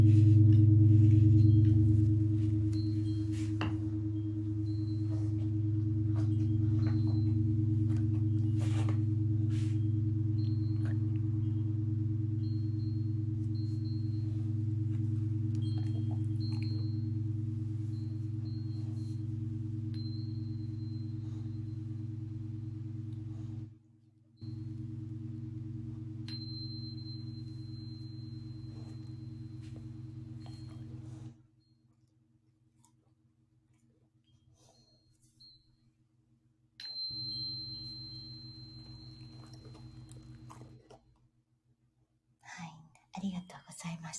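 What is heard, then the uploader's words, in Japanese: A sound healing session with three large bowls: deep, steady humming tones hold for about thirty seconds with small clicks and taps above. The ringing cuts off near 31 seconds, returns briefly around 37 seconds, then fades to near silence with faint knocks. 大きいボウル3つだけのサウンドヒーリングLive メキシコは朝です。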